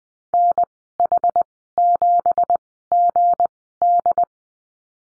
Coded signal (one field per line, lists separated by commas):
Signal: Morse code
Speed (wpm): 20 wpm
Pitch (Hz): 700 Hz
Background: none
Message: NH7GD